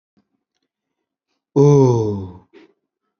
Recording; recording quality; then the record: sustained vowel as in boot; poor, much background noise or distortion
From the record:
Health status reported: healthy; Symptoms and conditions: none ticked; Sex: male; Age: 40 years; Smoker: not ticked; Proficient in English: yes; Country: India